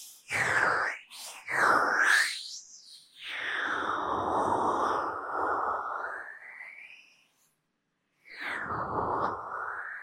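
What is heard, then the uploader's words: Soft rubbing and brushing of powder against a microphone ear, with a grainy, slightly rasping texture. Two quick swipes open, then a long sustained stroke of about four seconds, a brief full silence near seven seconds, and one more rubbing pass. 粉沫耳朵按摩 | Soft Powder Ear Massage | NO Talking.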